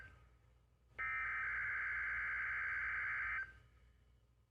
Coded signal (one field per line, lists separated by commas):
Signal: Emergency Alert System (SAME) tones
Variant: header bursts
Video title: EAS 6480-6557 Mega EAS Compilation from Camp and tests as of 8/25/2024